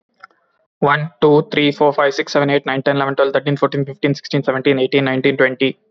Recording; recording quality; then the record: counting at a fast pace; excellent, no background noise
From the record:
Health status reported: healthy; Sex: male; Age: 26 years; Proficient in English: yes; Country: India